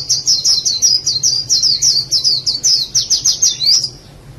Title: kicau gelatik